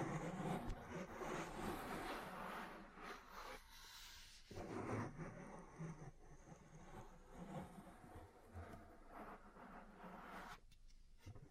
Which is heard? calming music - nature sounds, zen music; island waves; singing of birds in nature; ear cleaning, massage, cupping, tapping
ear cleaning, massage, cupping, tapping